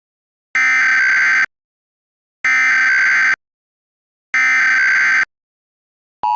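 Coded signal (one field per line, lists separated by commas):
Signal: Emergency Alert System (SAME) tones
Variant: header bursts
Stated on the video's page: Fictional EAS scenario made with EAS tools, not a real alert.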